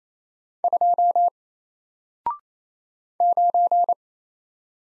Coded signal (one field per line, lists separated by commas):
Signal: Morse code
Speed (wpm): 27 wpm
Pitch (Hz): 700 Hz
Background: none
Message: 2 9